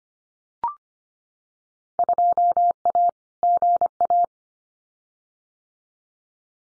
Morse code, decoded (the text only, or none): 2A GA